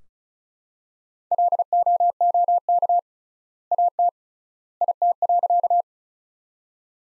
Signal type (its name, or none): Morse code